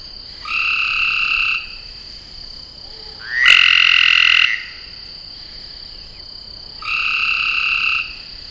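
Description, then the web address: Frog trills of about a second each, three in sequence with the middle one loudest, over a continuous high-pitched hum. Frogs in a northeast pond on a farm, recorded 30 June 2008. "ecolandtech venaurafarm frogs-in-ponds northeast-pond-6-30-2008"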